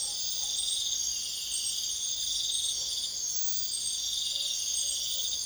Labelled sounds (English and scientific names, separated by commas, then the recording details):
none
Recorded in pastures near Puerto Asís, Putumayo, Colombia, on 22 June 2025 at 00:00
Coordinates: 0.502, -76.324
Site G010